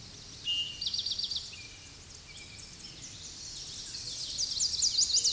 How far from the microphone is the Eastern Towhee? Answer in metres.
about 15 m